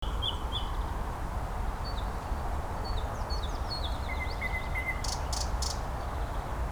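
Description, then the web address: Nightingale song with scattered short notes, a flat whistle repeated three times, and a few loud rattling pulses, over a low rumble. "slowik spiew slowika"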